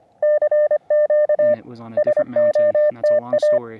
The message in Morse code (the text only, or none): CQ SOTA